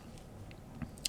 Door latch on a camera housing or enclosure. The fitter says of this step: push that in you can hear it catch